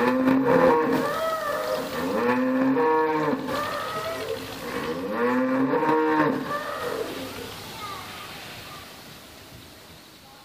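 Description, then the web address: Cows mooing in several drawn-out, arching lows that overlap in bursts during the first seven seconds, then trail off into a low background rumble. "wroblowe kolekcja krowy"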